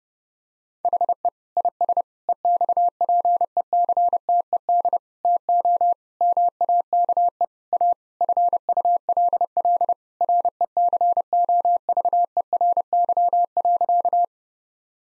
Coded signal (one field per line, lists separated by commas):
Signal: Morse code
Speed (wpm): 30 wpm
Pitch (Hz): 700 Hz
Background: none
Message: HE IS EXPECTED TO MAKE A FULL RECOVERY.